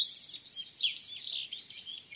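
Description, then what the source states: Meadow bunting singing a quick run of high, sharp chirps and slurred notes, fading out at the end. Recorded on the Senami coast, Niigata Prefecture, Japan.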